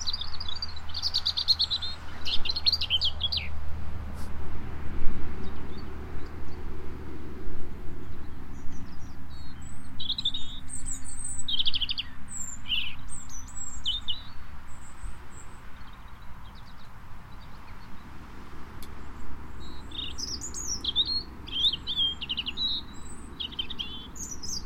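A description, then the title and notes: A European robin sings in short, high, bright phrases, thin trills and sweet notes coming in bursts with brief pauses throughout. Beneath it runs a steady low rumble of traffic, with a passing vehicle swelling around the first fifteen seconds. ROBIN SONG. A European robin (Erithacus rubecula) in full voice. Despite this sound clip being recorded on a cold January morning, it doesn't stop this feisty songbird proclaiming his territory.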